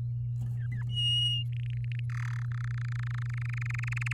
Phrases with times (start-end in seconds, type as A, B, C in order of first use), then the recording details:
0.57-0.82 A, 0.89-1.43 B, 1.53-2.00 C, 2.10-2.43 D, 2.44-4.13 E. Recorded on 11 May 2018 at 10:35. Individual llb16